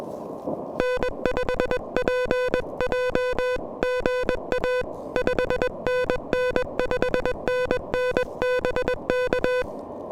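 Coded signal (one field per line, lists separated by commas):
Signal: Morse code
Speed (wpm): 21 wpm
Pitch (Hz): 500 Hz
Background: music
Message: N5PJ GA 5NN 5NN BK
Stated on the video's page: Handheld QRP DX activation on a mountain summit, sent with KH1 pressure paddles on an Elecraft KH1 transceiver with a modified Pelican Micro M40 antenna.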